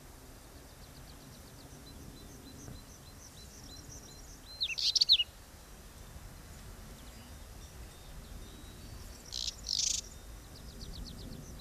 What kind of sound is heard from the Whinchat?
song